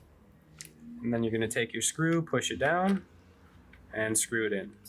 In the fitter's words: so you're just going to find that little Notch line it up with the one in the slot it'll click right in